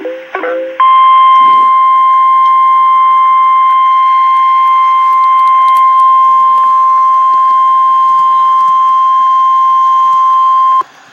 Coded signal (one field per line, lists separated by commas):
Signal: Emergency Alert System (SAME) tones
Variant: 1050 Hz attention tone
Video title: REAL EAS 673-Severe thunderstorm watch